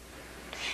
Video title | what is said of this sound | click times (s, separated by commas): Cuisinart How to use your Food Processor VHS RIP | Then turn the cover counterclockwise until you hear it click into place. | 0.5 s